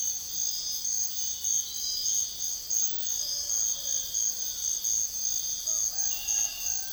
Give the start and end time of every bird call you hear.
5.64s-6.92s: bird call (0.3-2.1 kHz)

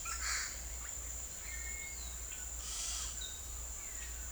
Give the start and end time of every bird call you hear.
0.00s-0.55s: bird call (1.0-7.4 kHz)
1.46s-2.01s: bird call (1.5-2.7 kHz)
2.59s-3.13s: bird call (1.0-8.0 kHz)

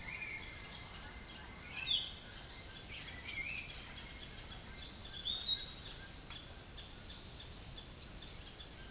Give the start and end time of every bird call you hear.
0.00s-0.51s: bird call (1.2-3.8 kHz)
1.61s-2.15s: bird call (1.4-4.4 kHz)
2.77s-3.96s: bird call (1.2-4.1 kHz)
4.96s-6.05s: bird call (2.1-8.2 kHz)

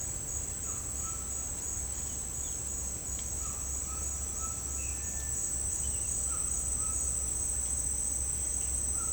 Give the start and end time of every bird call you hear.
4.95s-5.52s: bird call (1.4-2.1 kHz)

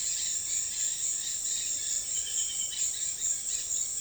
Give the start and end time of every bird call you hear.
0.00s-4.01s: bird call (0.8-6.7 kHz)

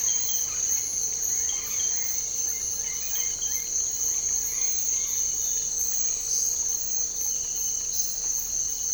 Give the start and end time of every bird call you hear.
0.00s-5.30s: bird call (0.6-4.4 kHz)

